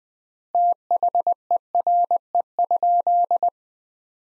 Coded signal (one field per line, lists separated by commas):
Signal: Morse code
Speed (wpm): 20 wpm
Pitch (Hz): 700 Hz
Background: none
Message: THERE?